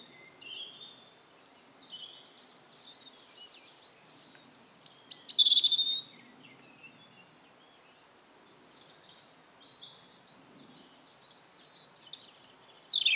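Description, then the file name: European robin song, quiet and scattered: brief high thin warbling phrases near the middle and end, with soft faint notes and a light background hiss between them. "Erithacus rubecula 240917"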